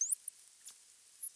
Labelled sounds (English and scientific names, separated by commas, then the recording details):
Hazel Dormouse (Muscardinus avellanarius) call
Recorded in the wild
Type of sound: call
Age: pup
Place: Jena, Thüringen, DE
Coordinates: 50.9126, 11.5262
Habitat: Nestbox
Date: 2023-06-20
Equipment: audiomoth
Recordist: Nüske, Jörg
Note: Schwarzer Graben (oben): Rufe von Jungtieren